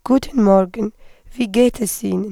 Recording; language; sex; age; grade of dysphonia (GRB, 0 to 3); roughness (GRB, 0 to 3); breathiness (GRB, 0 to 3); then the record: spoken sentence; German; female; 20 to 29 years; 1; 0; 1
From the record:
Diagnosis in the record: hyperfunctional dysphonia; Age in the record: 23 years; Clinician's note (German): Mit beginnender Phonationsverdickung